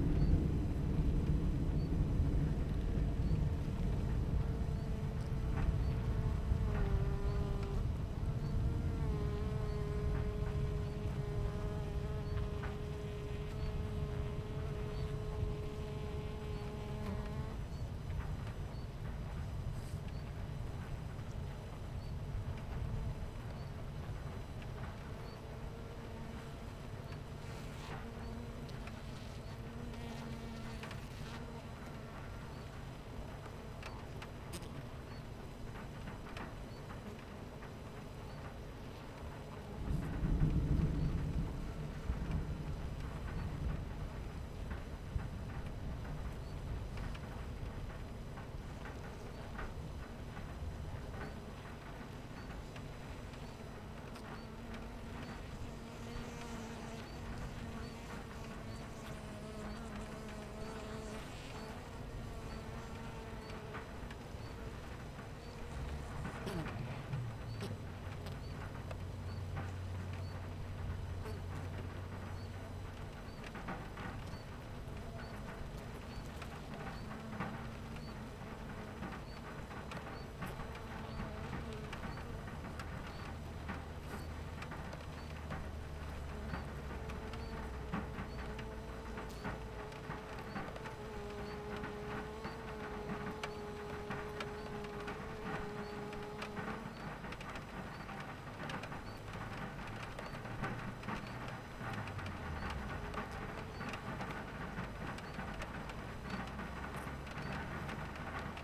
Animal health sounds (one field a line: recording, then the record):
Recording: honeybee colony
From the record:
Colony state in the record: missing queen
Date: 14 July 2017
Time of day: 11:40